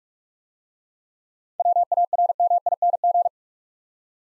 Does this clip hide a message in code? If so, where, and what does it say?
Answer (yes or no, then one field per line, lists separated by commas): yes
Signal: Morse code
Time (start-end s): 1.6-3.3 s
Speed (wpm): 44 wpm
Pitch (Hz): 700 Hz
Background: none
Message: WARMING